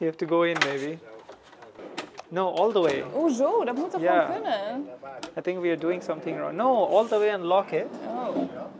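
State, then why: Not seated. A slide-out drawer lock in a camper van kitchen cabinet is handled while someone talks, with a few short knocks and taps around 1.3, 1.6, 2.0 and 2.2 seconds. The drawer is being pushed fully closed so its lock engages, since it sometimes catches and sometimes doesn't. Nothing has latched or seated yet when the clip ends.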